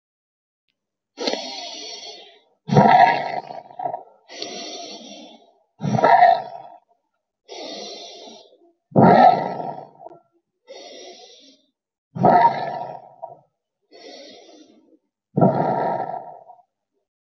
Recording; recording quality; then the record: deep breathing; moderate, slight background noise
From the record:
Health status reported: healthy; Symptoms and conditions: none ticked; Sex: female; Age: 22 years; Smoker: not ticked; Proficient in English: yes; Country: India